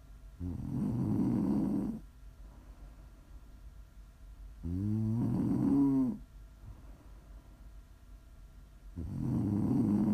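Three loud, low, rattling snores from an adult sleeper, about four seconds apart, roughly 14 a minute, with quiet breathing between, captured as ASMR snoring meant for relaxing and falling asleep.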